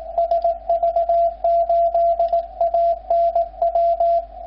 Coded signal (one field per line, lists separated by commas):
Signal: Morse code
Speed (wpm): 20 wpm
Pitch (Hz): 680 Hz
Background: radio noise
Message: SV8ANW